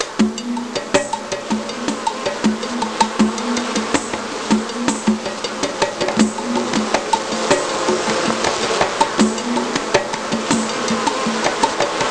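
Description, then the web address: An insect buzzing in low, droning bursts that come and go, broken by frequent sharp clicks and taps. "Innerspace. INSECT 04"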